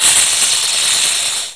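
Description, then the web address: Snake hissing: one steady, breathy hiss lasting about a second and a half, holding even in strength before fading at the end. "MOBICLIC. serpent"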